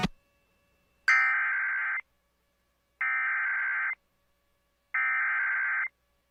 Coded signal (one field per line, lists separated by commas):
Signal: Emergency Alert System (SAME) tones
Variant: header bursts